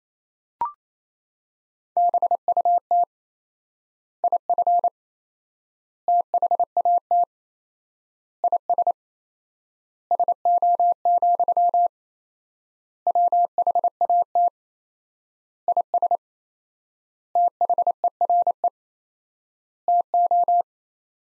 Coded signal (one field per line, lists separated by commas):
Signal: Morse code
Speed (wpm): 27 wpm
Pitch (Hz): 700 Hz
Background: none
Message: BUT IF THAT IS SO, WHAT IS THERE TO